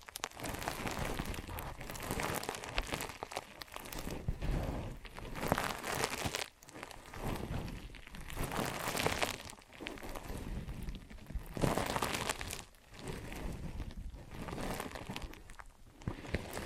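Ear and scalp massage and cleaning, heard as dense, crackling rubbing and rustling that patters like rain on a surface. The scratchy texture runs almost without a break, swelling into louder bursts near 5, 9 and 12 seconds, with brief quiet dips between strokes.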